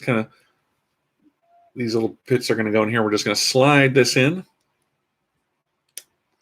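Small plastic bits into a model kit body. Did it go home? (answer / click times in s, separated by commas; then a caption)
yes / 6.0 s. Someone talks while sliding small plastic bits into place on the body of a Wing Gundam Zero EW model kit. After a quiet pause, a single sharp click is heard at 6.0 s as the part seats, clicking in nicely.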